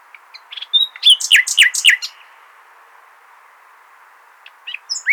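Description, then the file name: Common nightingale giving a short phrase of a few thin notes leading into several loud descending slurred notes, then silence and a few quiet chirps near the end. "Luscinia megarhynchos"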